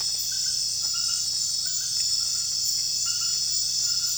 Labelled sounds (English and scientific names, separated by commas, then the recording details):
none
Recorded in secondary vegetation near Puerto Asís, Putumayo, Colombia, on 24 June 2025 at 20:00
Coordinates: 0.498, -76.327
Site GP09